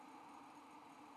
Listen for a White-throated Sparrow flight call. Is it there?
no